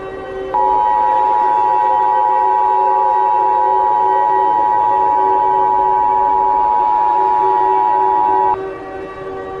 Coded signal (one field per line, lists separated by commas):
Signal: Emergency Alert System (SAME) tones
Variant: 853 and 960 Hz attention tone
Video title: eas scenario: the meteor remastered